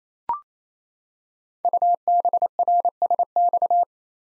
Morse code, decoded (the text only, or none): UBRSX